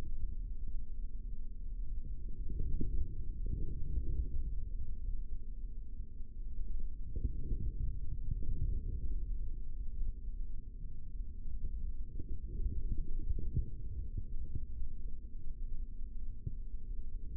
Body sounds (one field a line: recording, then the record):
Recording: forearm muscle sounds (acoustic myography)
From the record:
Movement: forearm supination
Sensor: system 3, bracelet of six PUI Audio POM-2738L microphones around the upper forearm, with dedicated amplification and filtering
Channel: 4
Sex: male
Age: 25 years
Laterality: right